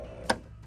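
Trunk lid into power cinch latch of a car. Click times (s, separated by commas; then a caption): 0.3 s. The trunk lid of a Lincoln Town Car is lowered onto its power cinching latch, which draws the lid down tight. A single sharp click at 0.3 s marks the latch closing over a steady low background hum. The lid is latched shut.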